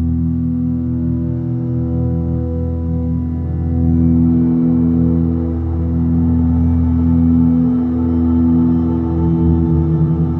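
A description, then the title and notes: Chakra tones and vibrations hum as a steady, low drone made of several sustained pitches stacked together. The sound swells gently around four and seven seconds, with a slow beating wobble in the low end, and high overtones stay faint throughout. Chakra friendly tones and vibrations.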